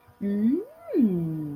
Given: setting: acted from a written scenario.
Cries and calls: vocal sound without words; desire

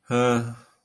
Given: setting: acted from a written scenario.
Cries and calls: vocal sound without words; neutral

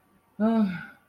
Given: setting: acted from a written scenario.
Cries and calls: vocal sound without words; relief

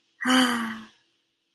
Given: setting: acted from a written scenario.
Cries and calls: vocal sound without words; romantic love

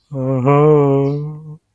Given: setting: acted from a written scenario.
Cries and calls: vocal sound without words; romantic love

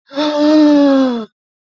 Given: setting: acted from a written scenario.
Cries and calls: vocal sound without words; positive surprise

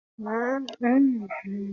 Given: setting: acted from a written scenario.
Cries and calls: vocal sound without words; embarrassment

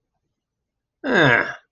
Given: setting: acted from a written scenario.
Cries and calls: vocal sound without words; contempt

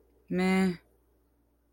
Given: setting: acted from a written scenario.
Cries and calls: vocal sound without words; neutral

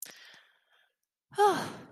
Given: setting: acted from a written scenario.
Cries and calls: vocal sound without words; neutral

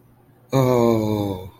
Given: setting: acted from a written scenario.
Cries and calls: vocal sound without words; sympathy

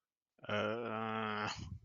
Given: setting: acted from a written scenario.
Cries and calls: vocal sound without words; confusion

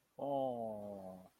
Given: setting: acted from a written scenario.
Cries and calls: vocal sound without words; adoration

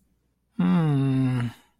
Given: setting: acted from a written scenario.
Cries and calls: vocal sound without words; disappointment

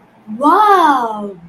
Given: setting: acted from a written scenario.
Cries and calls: vocal sound without words; awe

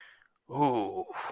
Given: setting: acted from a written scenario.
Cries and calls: vocal sound without words; guilt

